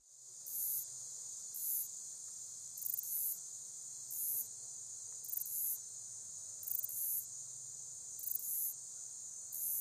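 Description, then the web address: Woodland meadow katydid singing a constant thin, high buzz with brief stuttering tick bursts recurring regularly throughout. North America. "Songs of Insects. Woodland Meadow Katydid"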